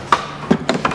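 A plasma torch lead connector is being shoved into the front socket of a Hypertherm Powermax 45XP plasma cutter's power supply. Four short knocks are heard at about 0.1, 0.5, 0.7 and 0.9 seconds. The connector has not latched or clicked home yet.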